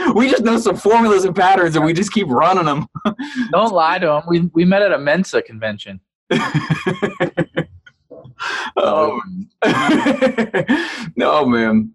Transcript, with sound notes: We just know some formulas and patterns and we just keep running them.
[chuckle] Don't lie to 'em, we met at a Mensa convention.
Oh, man!